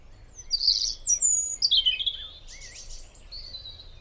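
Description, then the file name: European robin song: a run of thin, high, varied phrases, some sweet whistles, some rapid twittery trills, tumbling up and down for about three and a half seconds. "Erithacus rubecula"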